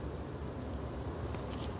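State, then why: Not seated. A plastic wiper blade adapter is being lined up with a small metal cylinder on the wiper fitting of a Mercedes B250 during blade installation, under a steady low rumbling background. Two short, bright handling ticks occur near 1.5 and 1.6 seconds, but nothing has seated or clicked into place yet.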